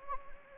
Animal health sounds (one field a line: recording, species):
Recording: mosquito wingbeat signal from an infrared sensor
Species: Anopheles gambiae